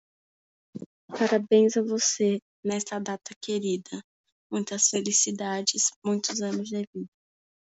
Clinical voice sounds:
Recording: short text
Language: Brazilian Portuguese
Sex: female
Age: 18 to 19 years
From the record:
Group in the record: control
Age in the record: 19 years

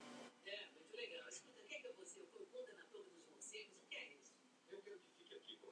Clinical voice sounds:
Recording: short text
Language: Brazilian Portuguese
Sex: female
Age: 70 to 79 years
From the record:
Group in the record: control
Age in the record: 70 years

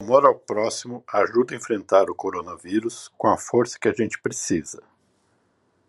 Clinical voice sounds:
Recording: spoken sentence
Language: Brazilian Portuguese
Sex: female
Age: 40 to 49 years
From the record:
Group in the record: control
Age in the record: 49 years

